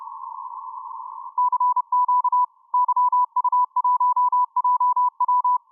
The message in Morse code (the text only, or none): CQ YU1JW